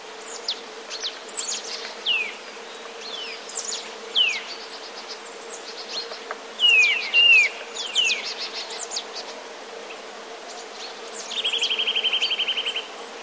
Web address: kowalik kowalikispiew